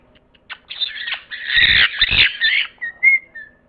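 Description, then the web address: Parrot giving rough squawks and chatter, then a few thin whistled notes trailing off. "cri de perroquet"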